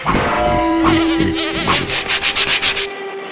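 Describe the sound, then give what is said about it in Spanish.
A voice imitates a mosquito with a steady, nasal, high-pitched buzz that wavers, then breaks into a quick run of rhythmic pulsing bursts before cutting off abruptly. “Es un mosquito que debe pesar por lo menos 70, 80 kilos.”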